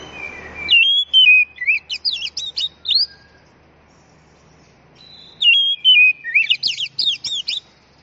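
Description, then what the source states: Oriental magpie-robin singing two loud bursts of varied whistles, each a descending slurred note followed by rapid chirpy trills, separated by a quiet pause of about two seconds. Champion singing bird.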